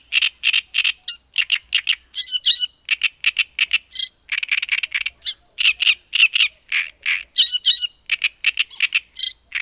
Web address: agykontroll Madardalok Cd 3. Nádirigó